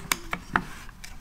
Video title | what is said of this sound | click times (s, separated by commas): PRODUCT: Hill Mk5 PCP pump | that's now locked into place | 0.1 s, 0.6 s